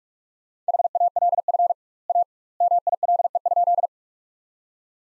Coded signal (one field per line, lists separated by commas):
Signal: Morse code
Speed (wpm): 46 wpm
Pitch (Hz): 700 Hz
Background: none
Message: HALF A MILE?